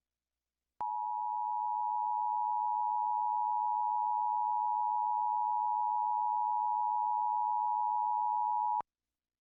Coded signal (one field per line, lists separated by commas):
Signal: Emergency Alert System (SAME) tones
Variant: 853 and 960 Hz attention tone